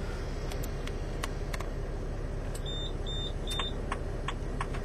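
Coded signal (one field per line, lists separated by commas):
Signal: beep code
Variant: Paravan Space Drive joystick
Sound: three short high beeps, followed by steady indicator ticking clicks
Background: vehicle engine noise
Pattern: 3 short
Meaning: Right indicator is switched on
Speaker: three beeps for right indicator here we go gently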